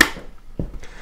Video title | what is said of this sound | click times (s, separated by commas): Mahlkonig X54 Coffee/Espresso Grinder Unboxing - Let's See What's Inside! | snaps into place like so and now you can use this nice | 0.0 s